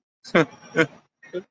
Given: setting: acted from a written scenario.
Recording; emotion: vocal sound without words; sadness